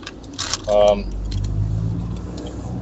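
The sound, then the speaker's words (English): A steady, low road rumble fills the inside of a small car driving home from work, with a brief metallic jangle and a short tonal chirp near the start before the hum settles in. “Oh, I'm just heading home from work. Just in this little car.”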